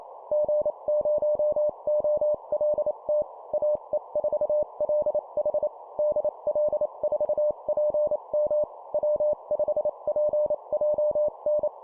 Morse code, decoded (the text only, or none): G0OLT AE4LH DL4PM W5PJN